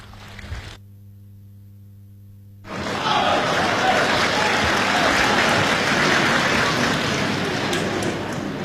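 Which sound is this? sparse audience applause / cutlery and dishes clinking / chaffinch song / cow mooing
sparse audience applause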